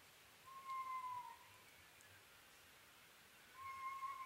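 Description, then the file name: Oriental scops owl hooting, one low phrase near the start and another near the end, clear against faint background hiss. Recorded on 21 May 2011 at 23:04, at night. "konohazuku-20110521-2304"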